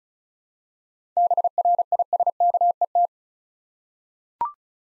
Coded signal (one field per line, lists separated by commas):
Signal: Morse code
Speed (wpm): 36 wpm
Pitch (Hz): 700 Hz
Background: none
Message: BRISKET